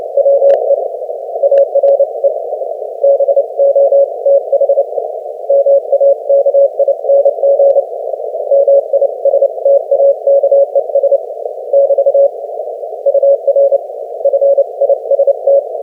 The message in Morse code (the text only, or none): WE ARE BOTH MAKING MISTAKES <BT> UR FIST